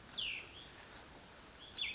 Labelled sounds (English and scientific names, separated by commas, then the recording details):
Cassin's Vireo (Vireo cassinii)
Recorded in Sonoma County, California